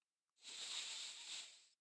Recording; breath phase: one breath near a microphone; inhalation